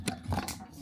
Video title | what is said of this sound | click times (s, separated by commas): Watch me build NZ's newest Real Estate Agency... | Bang. Clicks in place. | 0.1 s